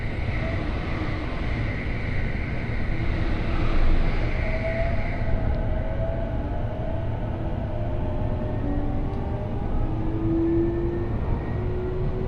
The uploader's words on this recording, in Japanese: 常磐線各駅停車 北千住→我孫子。各駅停車区間を走るのは東京メトロ千代田線に乗り入れる車両なので随分と異色な感じがします。